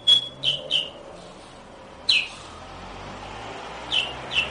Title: Suara Burung Kutilang